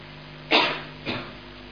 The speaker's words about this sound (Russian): По кашлю можно узнать человека.